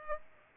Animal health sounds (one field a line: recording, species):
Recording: mosquito wingbeat signal from an infrared sensor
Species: Aedes aegypti